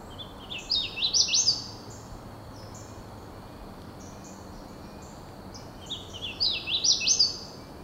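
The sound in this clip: Hooded warbler song, two whistled phrases of slurred notes rising to an accented ending, the first near the start and the second about six seconds later, with faint chips between.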